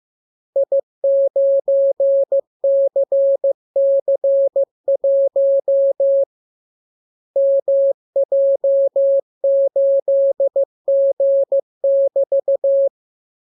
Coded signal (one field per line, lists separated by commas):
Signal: Morse code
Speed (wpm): 15 wpm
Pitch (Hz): 550 Hz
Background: none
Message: I9CC1 MJ8G<BT>